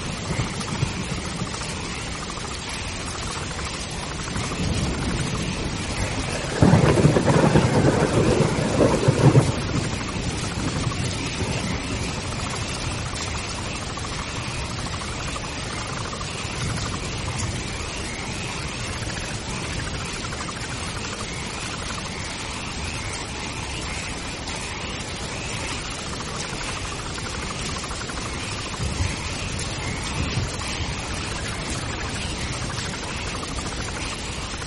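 Light thunder rolls over a steady wash of rain-like hiss that runs the whole way through. The loudest low rumble swells around seconds six to nine, and a fainter one returns near the thirty-second mark, while a dense, even background texture fills the gaps.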